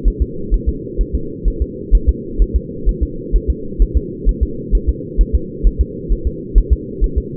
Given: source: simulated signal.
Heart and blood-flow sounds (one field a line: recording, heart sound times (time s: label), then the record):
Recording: fetal heart sounds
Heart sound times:
0.08 s: S1
0.22 s: S2
0.54 s: S1
0.69 s: S2
1.01 s: S1
1.15 s: S2
1.48 s: S1
1.62 s: S2
1.95 s: S1
2.09 s: S2
2.42 s: S1
2.56 s: S2
2.89 s: S1
3.03 s: S2
3.36 s: S1
3.50 s: S2
3.82 s: S1
3.97 s: S2
4.29 s: S1
4.43 s: S2
4.75 s: S1
4.89 s: S2
5.21 s: S1
5.35 s: S2
5.67 s: S1
5.81 s: S2
6.12 s: S1
6.27 s: S2
6.58 s: S1
6.73 s: S2
7.04 s: S1
7.18 s: S2
From the record:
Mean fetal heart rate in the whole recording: 130 bpm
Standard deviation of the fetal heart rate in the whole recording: 2 bpm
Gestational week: 36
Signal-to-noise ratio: -4.3 dB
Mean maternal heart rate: 72 bpm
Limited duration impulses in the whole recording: absent